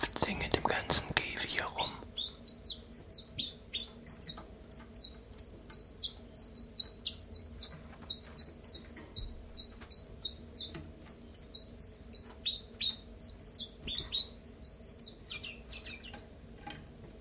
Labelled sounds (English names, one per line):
Common Chiffchaff